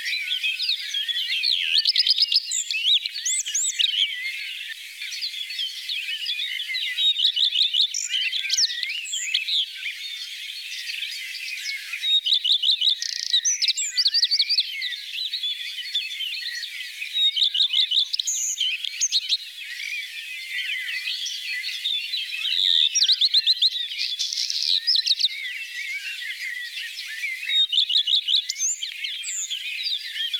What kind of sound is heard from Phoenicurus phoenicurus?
song